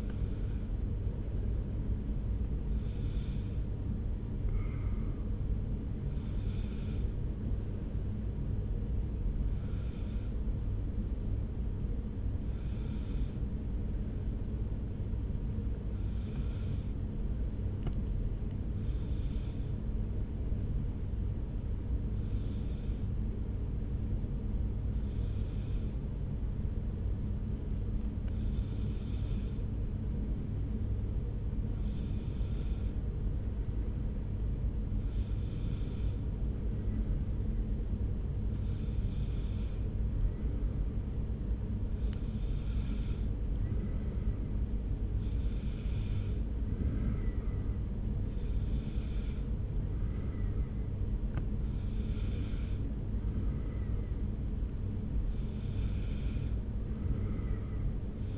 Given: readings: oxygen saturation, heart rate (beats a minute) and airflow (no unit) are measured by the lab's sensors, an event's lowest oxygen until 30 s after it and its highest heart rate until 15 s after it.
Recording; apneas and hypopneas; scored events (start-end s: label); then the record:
breathing in sleep by a smartphone at the bedside; 1
11.00-58.38 s: new sleep stage, N2 (light sleep)
13.00-38.60 s: hypopnea (N2, oxygen 96% highest, then 93% lowest)
From the record:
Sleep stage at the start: N1 (lightest sleep); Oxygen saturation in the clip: 92 to 96%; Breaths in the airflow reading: 18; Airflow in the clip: -1.5 to 1.5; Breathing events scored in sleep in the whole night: 335 in 6.7 hours asleep